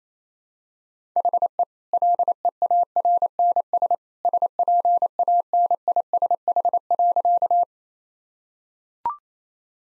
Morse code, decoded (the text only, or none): HE LEARNS SPANISH.